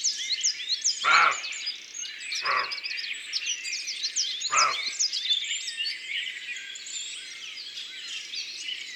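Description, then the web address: European roe deer barking three times, rough short calls spaced over several seconds, with busy birdsong filling the background throughout. "Chevreuil abc-de-la-nature"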